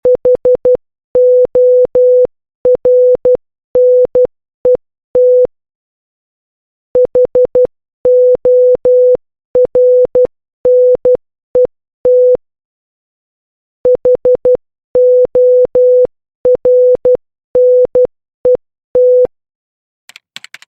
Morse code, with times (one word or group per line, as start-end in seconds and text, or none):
0.1-5.5 HORNET
7.0-12.4 HORNET
13.9-19.3 HORNET